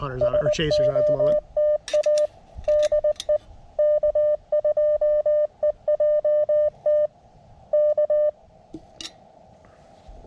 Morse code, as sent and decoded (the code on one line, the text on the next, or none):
... --- - .- / -.. . / -.- ..--- . .--- - / -.-
SOTA DE K2EJT K